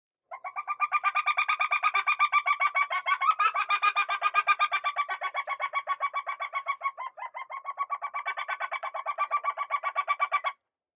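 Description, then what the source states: Pale chanting goshawk giving a long fast series of high chirping notes, about four per second, keeping an even pitch for some ten seconds before stopping. High chirp call type.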